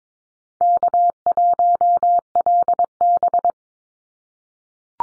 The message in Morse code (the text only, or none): K1LB